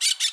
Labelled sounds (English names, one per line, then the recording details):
Brown-throated Parakeet contact call
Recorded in Bonaire
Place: roosting area just N of Seru Largu
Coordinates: 12.199, -68.277